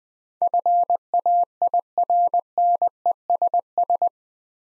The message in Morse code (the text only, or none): FAIRNESS